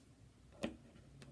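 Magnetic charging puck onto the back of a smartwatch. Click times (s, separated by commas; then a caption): 0.6 s. The magnetic charging puck that comes in the box with a first-generation Apple Watch is laid onto the back of the watch and snaps into place with a sharp, short click at 0.6 s. A second, fainter and slightly longer ringing hit follows at 1.2 s over a quiet background. The charger is seated and the watch is charging.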